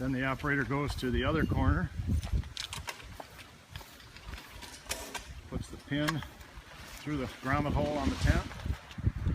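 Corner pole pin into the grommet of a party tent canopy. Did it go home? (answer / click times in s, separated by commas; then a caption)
no / none. Someone talks while a corner pole's pin is handled and pushed up through the grommet hole in the fabric of a Eureka 20' x 40' Elite party tent canopy. Short knocks and taps are heard around 2.6, 2.7, 2.9, 3.8, 4.9 and 5.2 seconds. Nothing has seated or clicked yet.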